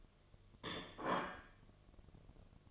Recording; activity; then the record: daily activity, microphone in the room; place plate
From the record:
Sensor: 4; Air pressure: 1005.1 hPa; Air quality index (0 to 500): 184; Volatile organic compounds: 5 ppm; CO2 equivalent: 1806 ppm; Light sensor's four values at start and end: 5/12/4/4 and 5/12/4/4